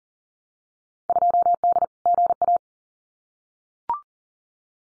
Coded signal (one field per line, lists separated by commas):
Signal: Morse code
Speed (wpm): 40 wpm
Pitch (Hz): 700 Hz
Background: none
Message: 2D GA